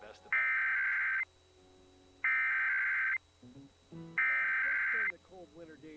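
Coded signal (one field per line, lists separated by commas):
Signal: Emergency Alert System (SAME) tones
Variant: header bursts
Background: speech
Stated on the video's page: Nebraska state EAS test received off-air from an NPR-affiliated FM station and a PBS-affiliated TV station via software-defined radio.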